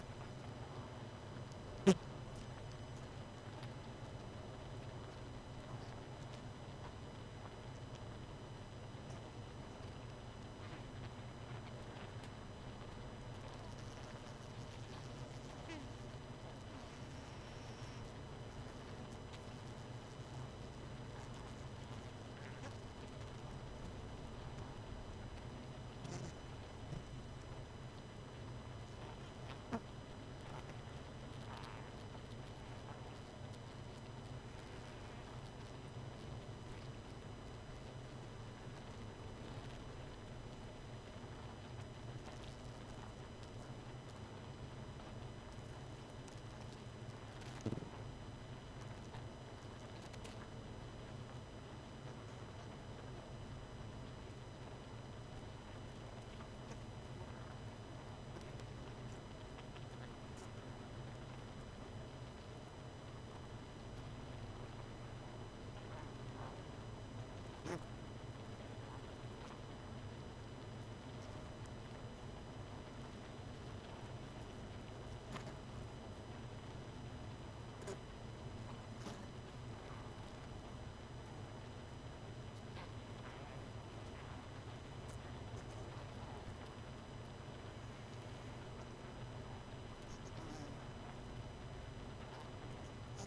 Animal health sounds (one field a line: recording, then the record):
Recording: honeybee colony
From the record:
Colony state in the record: missing queen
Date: 31 May 2018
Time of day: 23:50